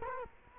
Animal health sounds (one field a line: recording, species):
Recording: mosquito wingbeat signal from an infrared sensor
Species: Culex quinquefasciatus